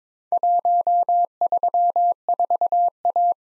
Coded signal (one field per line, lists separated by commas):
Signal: Morse code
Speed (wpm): 22 wpm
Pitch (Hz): 700 Hz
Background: none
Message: 134A